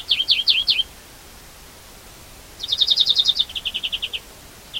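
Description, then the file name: European greenfinch delivering quick zigzag notes, a pause, then a long rattling trill that steps down in pitch near the end. "Chloris chloris"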